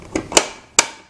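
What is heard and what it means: A plastic CPU fan shroud is pressed down over the heat sink in a Dell Inspiron desktop PC case. A few short knocks come first, with the loudest at 0.4 s. A sharp click follows at 0.8 s as the shroud snaps into place and sits installed and tight.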